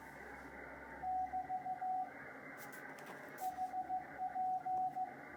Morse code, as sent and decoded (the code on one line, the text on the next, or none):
-...- / .... .--.
<BT> HP